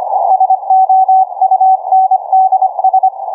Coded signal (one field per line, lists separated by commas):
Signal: Morse code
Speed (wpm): 25 wpm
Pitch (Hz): 760 Hz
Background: none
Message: SOUNDS